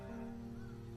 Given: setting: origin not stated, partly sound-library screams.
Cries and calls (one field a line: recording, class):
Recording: one-second piece from a danger detection set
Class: normal situation